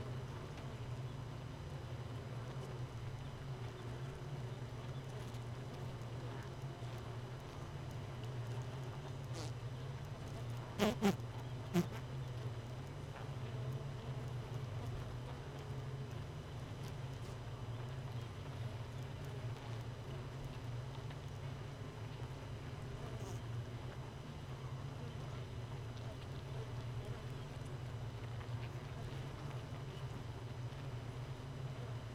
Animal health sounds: honeybee colony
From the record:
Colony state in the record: missing queen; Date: 31 May 2018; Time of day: 4:45

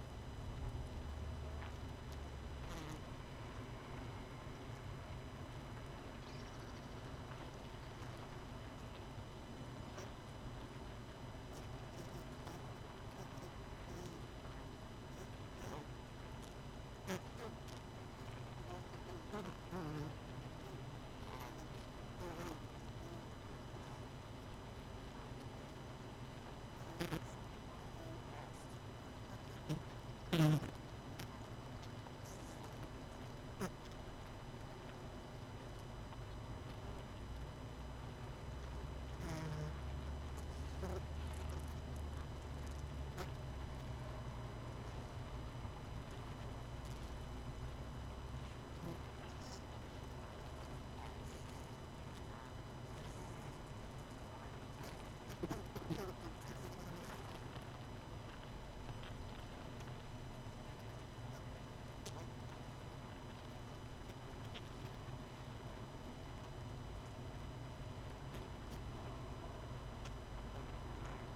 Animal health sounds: honeybee colony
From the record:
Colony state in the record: missing queen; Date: 31 May 2018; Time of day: 19:08

